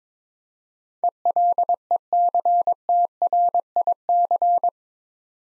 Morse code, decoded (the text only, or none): ELECTRIC